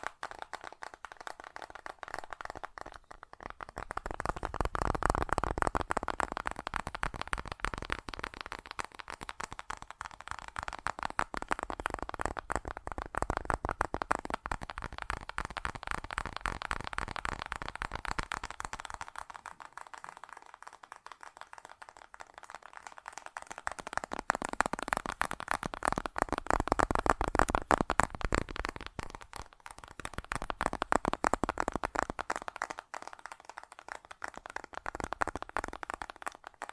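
Fast tapping runs continuously as a dense, rapid patter of tiny clicks. The intensity swells and eases in waves, fuller around 5–15 and 25–30 seconds and thinner near 20 seconds, with a clattering, card-shuffle-like texture and no voices.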